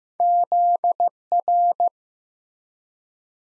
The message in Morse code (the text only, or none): ZR